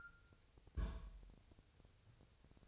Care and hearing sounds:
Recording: daily activity, microphone in the room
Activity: place on stove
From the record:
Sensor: 2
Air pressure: 999.2 hPa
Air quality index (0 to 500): 195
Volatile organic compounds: 26 ppm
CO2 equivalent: 2873 ppm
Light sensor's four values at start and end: 6/15/6/6 and 6/15/6/6

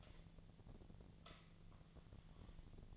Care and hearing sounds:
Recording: daily activity, microphone in the room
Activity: light on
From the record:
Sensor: 4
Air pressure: 1010.7 hPa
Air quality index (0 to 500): 172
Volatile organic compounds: 5 ppm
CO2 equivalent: 1744 ppm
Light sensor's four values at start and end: 37/108/43/44 and 38/109/43/44

